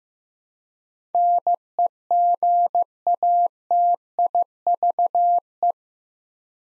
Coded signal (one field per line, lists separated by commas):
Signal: Morse code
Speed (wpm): 15 wpm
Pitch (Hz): 700 Hz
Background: none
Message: NEGATIVE